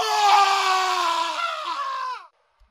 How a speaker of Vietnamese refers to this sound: Thằng Nam rơi cả bát lẫn đũa, quằn quại dưới sàn nhà, la hét om tỏi.